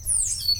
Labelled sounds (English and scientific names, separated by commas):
Stitchbird (Notiomystis cincta) song